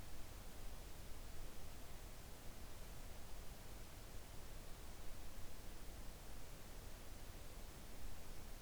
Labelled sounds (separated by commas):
near silence